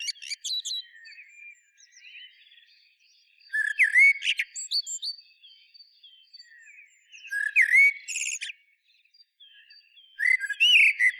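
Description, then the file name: Common blackbird song: fluted, slurred whistle phrases capped by high squeaky chatter, repeated several times with quieter soft warbling between. "Turdus merula"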